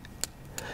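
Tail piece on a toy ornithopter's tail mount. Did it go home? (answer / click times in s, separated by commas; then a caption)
yes / 0.1 s, 0.2 s, 0.6 s. The plastic tail piece on a toy flapping-wing ornithopter's tail mount is moved up and down to set forward speed, clicking through its notched detent positions. Three sharp, bright clicks are heard at 0.1, 0.2 and 0.6 seconds, the middle one loudest. The tail seats into its detent positions.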